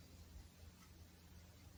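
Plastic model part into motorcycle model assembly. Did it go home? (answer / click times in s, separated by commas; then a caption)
no / none. A plastic part of a scale model Yamaha XV1000 motorcycle, trimmed with an X-Acto knife because it would not fit, is handled and pressed against the model assembly. Only a steady low hum and faint handling noise are heard, with no distinct click. Nothing has seated or clicked yet.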